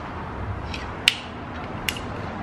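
A plastic ignition coil wiring connector is pushed back onto its spot on the coil pack of a Gen 4 EA888 engine in an 8Y S3, after an EQT coil grounding kit pin has been clicked into the harness connector. Over a low background hum, a faint tick comes first, then sharp snaps at 1.1 and 1.9 seconds as the connector pops back on and seats.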